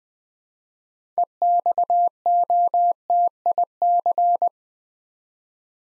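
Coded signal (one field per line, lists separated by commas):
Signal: Morse code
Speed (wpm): 20 wpm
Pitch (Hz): 700 Hz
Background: none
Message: EXOTIC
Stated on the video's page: Morse practice at 20 wpm: six-letter words sent twice for head-copy, with the first three letters given beforehand.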